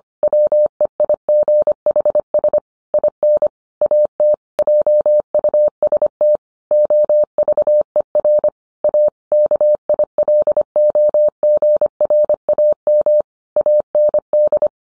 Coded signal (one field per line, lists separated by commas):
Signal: Morse code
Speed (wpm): 25 wpm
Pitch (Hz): 600 Hz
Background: none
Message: WEIGHS IN AT JUST OVER A KILOGRAM AND